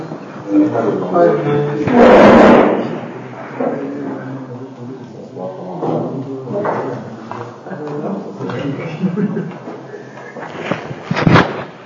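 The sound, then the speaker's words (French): A chair is carried to the front and set down with a loud wooden clatter early on, followed by lighter knocks and a final sharp bump, while a voice talks throughout. “Prends ta chaise, tu amènes ici devant.”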